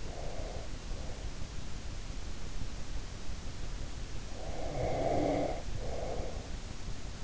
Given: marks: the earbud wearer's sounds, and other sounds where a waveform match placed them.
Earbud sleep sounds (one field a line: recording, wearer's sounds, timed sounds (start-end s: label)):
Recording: sounds in sleep by an in-ear microphone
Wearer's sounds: breath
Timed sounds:
0.00-1.55 s: breath
4.23-6.63 s: breath